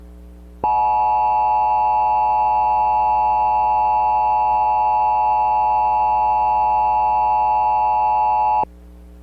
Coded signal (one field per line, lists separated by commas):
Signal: Emergency Alert System (SAME) tones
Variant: 853 and 960 Hz attention tone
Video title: 1997 Required Monthly Test - EAS Scenario One Offs